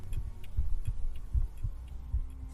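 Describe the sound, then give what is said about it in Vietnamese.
A steady, deep heartbeat thumps in low lub-dub pairs, about four beats in a couple of seconds, while a faint clock ticks lightly above it. No one speaks. “chỉ có tiếng kim đồng hồ, tiếng thở khẽ khàng, thậm chí Lý còn có thể nghe được nhịp tim của mình”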